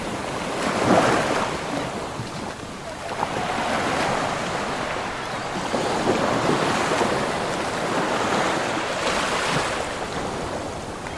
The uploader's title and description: Sounds of Waves and Seagulls. The sounds of waves gently lapping the shore and seagulls calling overhead